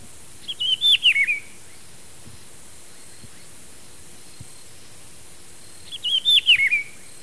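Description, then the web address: Rufous-browed peppershrike singing a rich, warbled phrase of looping whistles, given twice about five seconds apart over quiet background hiss. Ecuador. "Birds of Ecuador. Rufous-browed Peppershrike"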